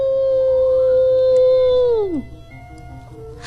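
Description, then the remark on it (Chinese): Across a windy grassland, a distant animal lets out one long, loud howl, holding a steady mid pitch for about two seconds before sliding downward and fading out. “小狐狸竖起耳朵，听到远处传来一阵嚎叫的声音。”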